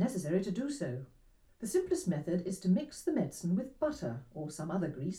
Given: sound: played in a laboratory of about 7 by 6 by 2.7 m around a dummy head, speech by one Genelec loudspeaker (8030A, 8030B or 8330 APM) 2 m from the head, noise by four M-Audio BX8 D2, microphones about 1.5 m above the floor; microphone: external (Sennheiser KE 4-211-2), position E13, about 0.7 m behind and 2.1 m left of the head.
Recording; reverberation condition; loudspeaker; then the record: female speech in English; low; 60 degrees to the left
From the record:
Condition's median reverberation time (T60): about 310 ms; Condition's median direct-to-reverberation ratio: about 3.5 dB